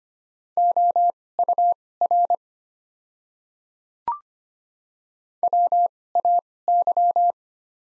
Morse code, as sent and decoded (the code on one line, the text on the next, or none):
--- ..- .-. / .-- .- -.--
OUR WAY